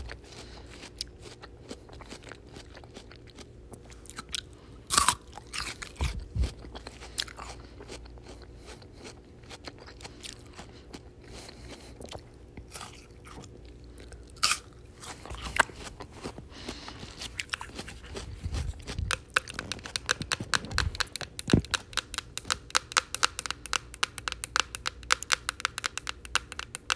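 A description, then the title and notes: Wet chewing and biting on cantaloupe, with soft crunches and smacking. Sharp taps land near 5, 15 and 21 seconds, and after about 19 seconds the clicks and bites grow denser and louder, ending in a rapid patter. Cantaloupe eating & tapping sounds.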